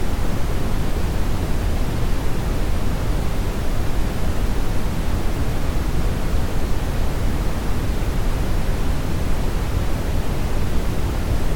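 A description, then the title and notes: A steady brown noise hiss with no breaks or events, holding at one level for the whole stretch. The sound is dense and weighted toward a deep, low rumble, with a softer wash of hiss above it. Brown Noise Sound Machine.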